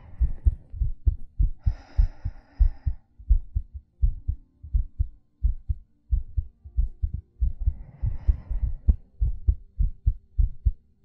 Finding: ASMR Heartbeat Breathing.